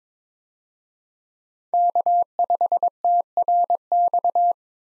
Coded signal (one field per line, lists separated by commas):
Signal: Morse code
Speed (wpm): 22 wpm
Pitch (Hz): 700 Hz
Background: none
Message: K5TRX